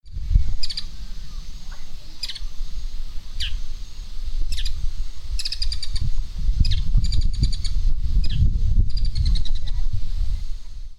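Bird calls: sharp high chirps given singly and in quick short series, irregularly spaced, over a steady low rumble of background noise.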